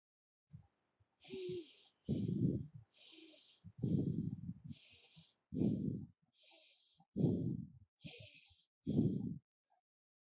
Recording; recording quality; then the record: shallow breathing; moderate, slight background noise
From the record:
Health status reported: healthy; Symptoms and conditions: none ticked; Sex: male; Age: 23 years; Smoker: not ticked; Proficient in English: yes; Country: India